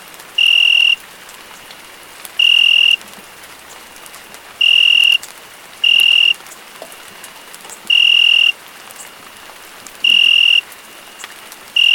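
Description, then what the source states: Cricket repeats loud high steady chirps, mostly two seconds apart, while gentle rain hisses in the background. Crickets calling together with rain.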